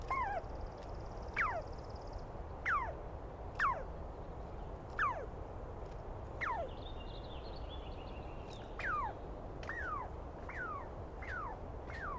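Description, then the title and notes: Douglas squirrel uttering irregular falling screeches throughout, with brief high bird twitters in the background and low steady rumble. Wild squirrel screaming at length at dawn on 21 April 2017 in the East Cascades; identified by its sound, not seen well. "Interview With The Chipmunk. On the morning of 21 April, 2017, I set up my microphones and recorder for a nice dawn recording in the East Cascades. I was started awake by a screaming Douglas Pine Squirrel"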